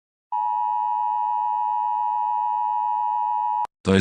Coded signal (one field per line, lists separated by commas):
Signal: Emergency Alert System (SAME) tones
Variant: 853 and 960 Hz attention tone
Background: speech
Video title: EAS Scenario #43: The Return of the USSR.